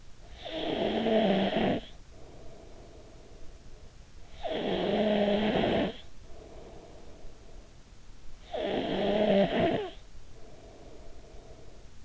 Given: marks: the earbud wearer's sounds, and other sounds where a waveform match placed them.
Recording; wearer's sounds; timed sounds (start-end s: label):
sounds in sleep by an in-ear microphone; snoring breath
0.00-4.03 s: snoring breath
4.26-8.01 s: snoring breath
8.13-12.05 s: snoring breath